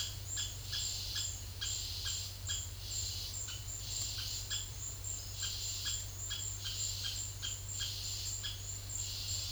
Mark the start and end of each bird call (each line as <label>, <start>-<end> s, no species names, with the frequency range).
bird call (0.8-3.6 kHz), 0.00-2.65 s
bird call (1.1-3.8 kHz), 3.43-4.64 s
bird call (1.0-3.8 kHz), 5.33-8.57 s